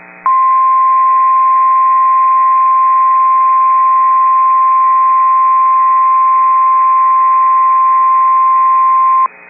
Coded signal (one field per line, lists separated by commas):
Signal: Emergency Alert System (SAME) tones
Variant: 1050 Hz attention tone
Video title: Tornado Warning (9/14/25) [EAS #316]